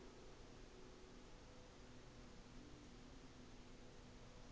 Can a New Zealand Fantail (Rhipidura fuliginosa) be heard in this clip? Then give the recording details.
no. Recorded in New Zealand on 24 December 2018. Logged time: 13:00